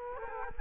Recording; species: mosquito wingbeat signal from an infrared sensor; Culex quinquefasciatus